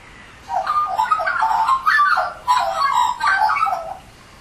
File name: australian magpie